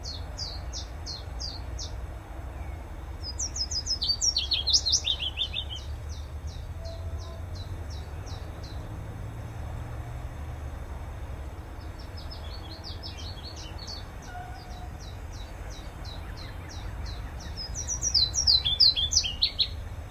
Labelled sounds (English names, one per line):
Willow Warbler